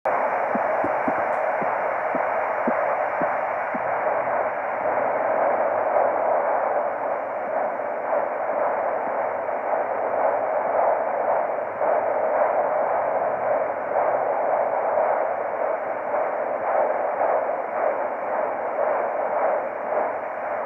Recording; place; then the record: Doppler ultrasound of blood flow; carotid artery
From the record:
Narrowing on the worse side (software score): occlusion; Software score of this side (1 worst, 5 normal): 1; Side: right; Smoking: never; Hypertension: yes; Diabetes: type 1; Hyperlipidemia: yes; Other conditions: hemolytic anemia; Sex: female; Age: 27 years